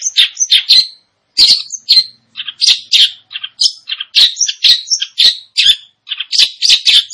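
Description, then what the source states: Long-tailed shrike song: a rapid, varied run of harsh chattering notes and short whistles, broken by brief pauses, with no other sounds. Indonesian name cendet; described as gacor, actively and vigorously singing.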